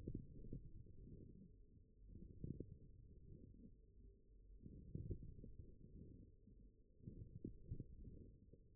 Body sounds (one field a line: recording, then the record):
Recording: forearm muscle sounds (acoustic myography)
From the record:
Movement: forearm pronation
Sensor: system 1, eight BSWA MPA416 microphones around the upper forearm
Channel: 5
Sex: male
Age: 42 years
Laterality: right